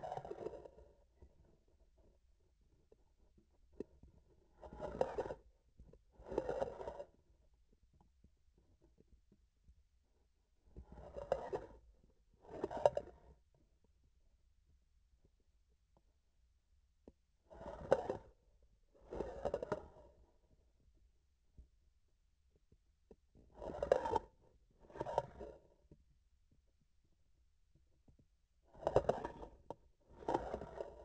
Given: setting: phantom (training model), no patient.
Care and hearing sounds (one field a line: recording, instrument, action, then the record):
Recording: laparoscopic instrument, vibration sensor on the handle end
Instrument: grasping forceps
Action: approaching and retracting movements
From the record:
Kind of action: spatial motion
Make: other than Olympus